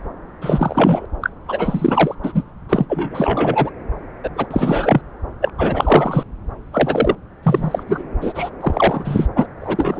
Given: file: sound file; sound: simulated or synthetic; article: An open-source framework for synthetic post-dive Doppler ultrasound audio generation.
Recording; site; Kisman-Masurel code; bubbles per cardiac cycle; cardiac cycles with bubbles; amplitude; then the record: Doppler ultrasound audio after a dive; subclavian; 333; rolling drumbeat, over 9; 50–99%; loud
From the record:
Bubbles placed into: full cardiac cycles